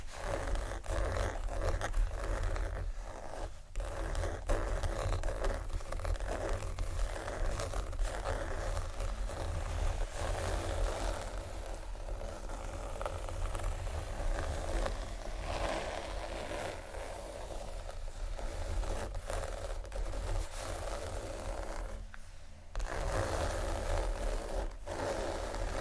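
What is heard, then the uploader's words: Scratchy tapping runs steadily for the whole stretch, dense rough scraping over a low constant rumble, with a brief drop near twenty-two seconds. ASMR For Sleep (tapping, Scratching, Scratchy Tapping) No Talking.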